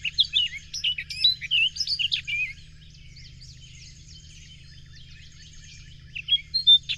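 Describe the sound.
Bird song with a quick jumble of warbled, slurred whistles, then a long quiet stretch before a short phrase returns, a low steady hum throughout.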